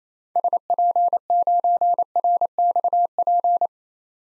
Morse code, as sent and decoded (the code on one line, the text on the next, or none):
... .--. ----. .-. -..- .--.
SP9RXP